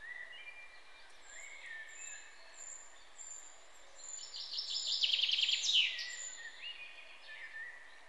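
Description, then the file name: Common chaffinch song: a rattling trill of repeated notes ending in a brief flourish, with thin high whistles and other bird notes in the background over steady hiss. "Fringilla coelebs"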